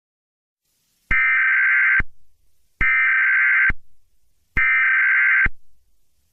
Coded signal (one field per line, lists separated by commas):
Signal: Emergency Alert System (SAME) tones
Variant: header bursts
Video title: (joke) EAS Scenario #20: Frickin bimbos...